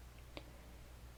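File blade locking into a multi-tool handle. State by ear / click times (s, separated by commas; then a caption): seated / 0.4 s. The steel file on a Leatherman ARC multi-tool is swung open until its lock engages in the handle. A single sharp, bright click sounds at 0.4 s over a quiet, low background hum, and the file is locked in place.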